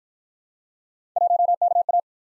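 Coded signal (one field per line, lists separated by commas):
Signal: Morse code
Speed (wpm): 50 wpm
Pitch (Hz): 700 Hz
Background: none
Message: 1KA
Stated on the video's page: Morse practice of three-character letter-number combinations, starting fast and slowing to a base speed, the fastest being 1.5 times the slowest, with a final repeat at maximum speed.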